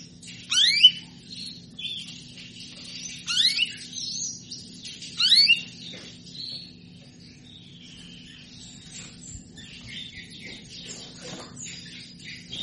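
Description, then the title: Canary calls: three loud rising, sweeping notes a few seconds apart, then softer high twittering and chirps continuing to the end. Female canary asking to mate; played to stimulate Belgian canaries into singing. "Canto Para Esquentar Canário Belga. Suara burung kenari betina minta kawin"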